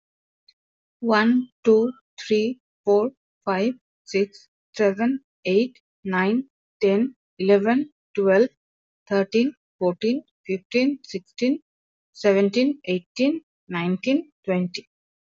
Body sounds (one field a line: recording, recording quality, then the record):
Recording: counting at a normal pace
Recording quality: excellent, no background noise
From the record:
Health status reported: exposed to COVID-19, no respiratory illness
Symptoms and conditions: none ticked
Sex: female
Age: 26 years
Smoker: not ticked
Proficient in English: yes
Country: India